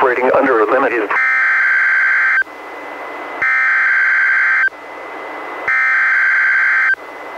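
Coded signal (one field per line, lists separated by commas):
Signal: Emergency Alert System (SAME) tones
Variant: header bursts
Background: speech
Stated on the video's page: NOAA Weather Radio relay of Special Marine Warnings and a Tornado Warning, recorded directly from a Reecom R-1630 weather radio through a Zoom H1, including its warning alarm tone.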